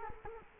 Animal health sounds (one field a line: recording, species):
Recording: mosquito wingbeat signal from an infrared sensor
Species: Culex quinquefasciatus